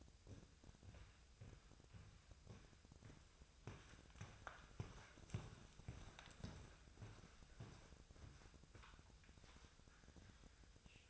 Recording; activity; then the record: daily activity, microphone in the room; walk to room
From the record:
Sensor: 2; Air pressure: 999.3 hPa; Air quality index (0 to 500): 194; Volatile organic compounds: 26 ppm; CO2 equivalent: 2874 ppm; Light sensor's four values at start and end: 7/16/6/6 and 7/16/6/6